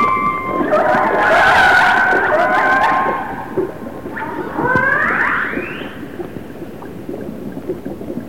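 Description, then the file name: Orca call, a loud drawn-out harmonic tone followed by a quick upward-sweeping squeal, with low rumbling water noise beneath. Resident orcas of the A clan. "Resident Orca ARClan"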